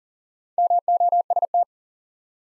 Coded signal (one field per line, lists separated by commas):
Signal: Morse code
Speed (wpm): 37 wpm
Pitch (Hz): 700 Hz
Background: none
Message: MOST